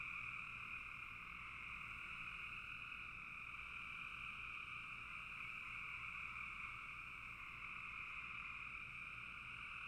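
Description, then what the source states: Frogs giving a steady massed chorus, blending into a constant shimmering hum for about ten seconds. Several frogs calling in a bog.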